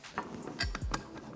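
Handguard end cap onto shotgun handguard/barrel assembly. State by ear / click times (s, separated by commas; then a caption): not seated / none. The small second end cap of a Beretta 1301 Tactical shotgun's handguard is pressed to snap it onto the handguard and barrel assembly, making a few sharp plastic-like taps and clacks with low thuds in between. The cap has not clicked into place.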